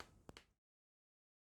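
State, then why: Seated. An encoder sleeve on a DC servo motor shaft for an Emco Compact 5 Prolight is pressed down with finger pressure through a setting tool placed over the black cap on top. Two short sharp clicks come at 0.3 s and 0.4 s over a low hiss. The sleeve seats tight in place, and the small clicks stop once it is tight.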